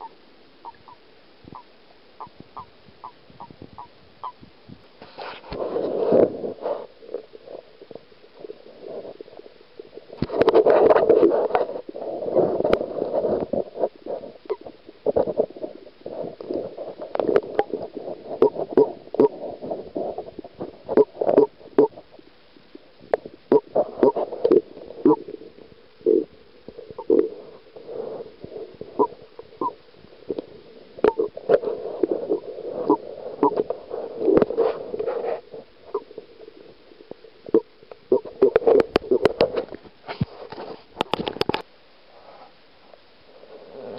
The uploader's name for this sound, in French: Reproduction du Crapaud commun